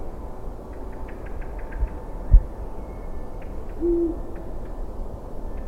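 Eagle-owl giving a single short, deep hoot past the middle. Faint clicking rattles and a steady low rumble fill the background.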